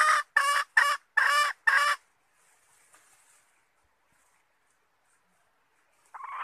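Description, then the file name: Red junglefowl hen uttering five loud, raspy cackles in quick succession, followed by near silence and the start of another harsh call at the end. Female (hen) calling to find a mate. "tieng ga rung mai keu tim kiem ban tinh"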